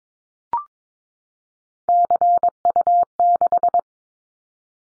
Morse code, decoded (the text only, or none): CU6